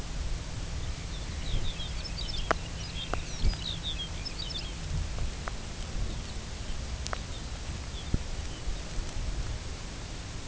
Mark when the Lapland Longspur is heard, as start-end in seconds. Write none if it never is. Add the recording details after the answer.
0.74-4.84, 6.04-6.34, 6.63-6.79, 7.08-7.46, 7.88-8.14, 8.45-8.82. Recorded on Arctic tundra, site UTQI-2, on 16 June 2019. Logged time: 00:00